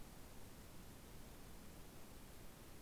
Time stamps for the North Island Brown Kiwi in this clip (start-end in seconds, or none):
none